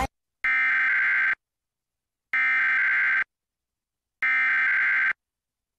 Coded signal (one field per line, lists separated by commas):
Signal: Emergency Alert System (SAME) tones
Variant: header bursts